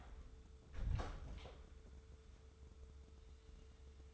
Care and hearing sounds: daily activity, microphone in the room; close door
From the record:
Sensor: 3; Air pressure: 1015.2 hPa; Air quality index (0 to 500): 148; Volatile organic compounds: 8 ppm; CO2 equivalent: 2106 ppm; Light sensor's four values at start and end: 15/39/16/17 and 15/39/16/17

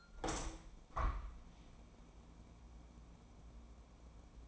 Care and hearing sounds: daily activity, microphone in the room; open window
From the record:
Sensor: 1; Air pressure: 1012.4 hPa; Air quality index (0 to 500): 168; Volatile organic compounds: 3 ppm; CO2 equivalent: 1376 ppm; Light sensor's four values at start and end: 242/554/246/271 and 237/544/241/267

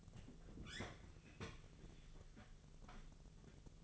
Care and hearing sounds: daily activity, microphone in the room; open fridge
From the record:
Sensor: 4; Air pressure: 1000.9 hPa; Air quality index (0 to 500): 130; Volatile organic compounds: 1 ppm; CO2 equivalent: 971 ppm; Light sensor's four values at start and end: 31/75/32/34 and 29/69/29/32

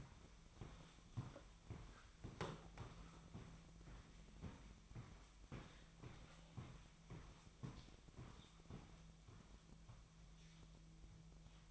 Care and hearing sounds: daily activity, microphone in the room; walk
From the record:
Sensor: 1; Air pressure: 1001.6 hPa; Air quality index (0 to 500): 221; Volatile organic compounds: 30 ppm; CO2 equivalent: 2949 ppm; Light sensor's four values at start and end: 8/31/11/12 and 8/31/11/12

